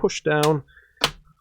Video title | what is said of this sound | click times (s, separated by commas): ASUS X551C Battery Replacement - Open up the laptop just to replace the battery | make sure you hear all the snaps | 1.0 s